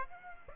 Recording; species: mosquito wingbeat signal from an infrared sensor; Aedes aegypti